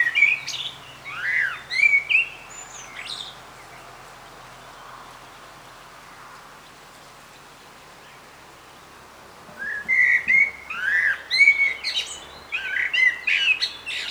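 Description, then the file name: Common blackbird song: two separate warbled phrases of low, mellow whistles with thin squeaky additions, divided by a quiet stretch of about six seconds. "Turdus merula"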